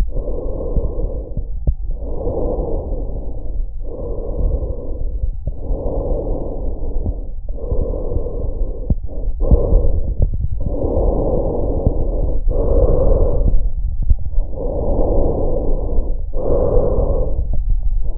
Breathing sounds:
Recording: lung sounds by stethoscope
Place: trachea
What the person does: quiet breathing, then deep breathing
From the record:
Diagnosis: COPD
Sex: male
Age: 80 years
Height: 171 cm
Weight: 75 kg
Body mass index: 25.6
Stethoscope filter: extended mode

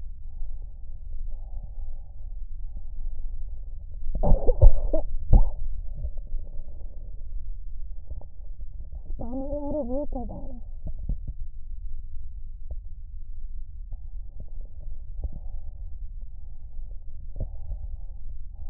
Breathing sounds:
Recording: lung sounds by stethoscope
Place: right posterior basal chest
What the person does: quiet breathing, then cough and speech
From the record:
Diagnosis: interstitial lung disease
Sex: female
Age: 61 years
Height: 155 cm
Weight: 75.5 kg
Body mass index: 31.4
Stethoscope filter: extended mode

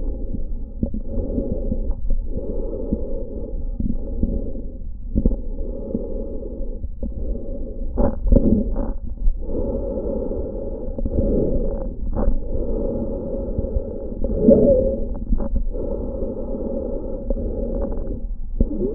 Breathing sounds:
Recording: lung sounds by stethoscope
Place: trachea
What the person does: quiet breathing, then deep breathing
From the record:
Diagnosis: COPD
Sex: male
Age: 78 years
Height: 162 cm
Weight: 66.4 kg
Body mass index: 25.3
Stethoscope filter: diaphragm mode

